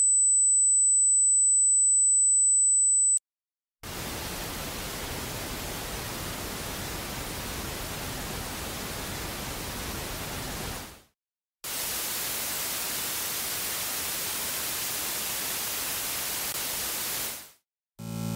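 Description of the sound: Simulated tinnitus sounds: a steady high-pitched pure tone near 8 kHz rings for about three seconds, the pure-tone ringing type, usually heard in both ears or the center of the head and the most common type. Two long stretches of steady hissing noise follow, the second brighter and louder, like white-noise hissing resembling an old television's static and static-type tinnitus.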